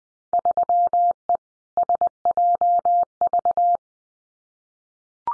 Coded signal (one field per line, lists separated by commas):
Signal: Morse code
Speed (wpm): 20 wpm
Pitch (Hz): 700 Hz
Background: none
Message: 3E SJV